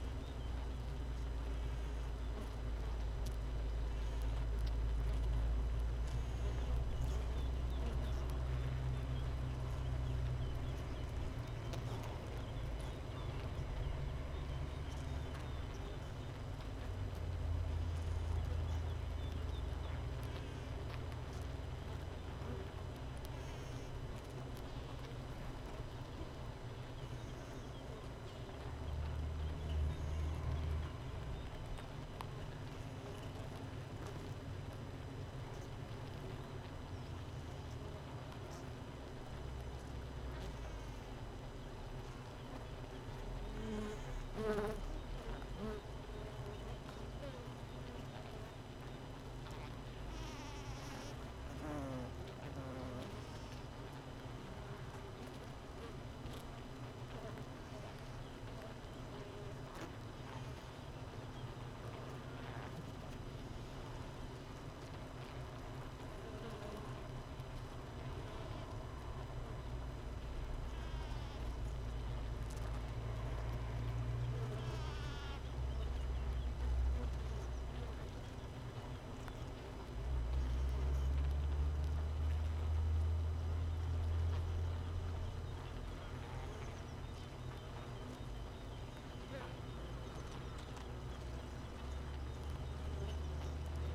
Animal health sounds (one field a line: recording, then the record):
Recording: honeybee colony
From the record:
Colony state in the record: missing queen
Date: 31 May 2018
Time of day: 5:28